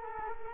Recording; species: mosquito wingbeat signal from an infrared sensor; Culex quinquefasciatus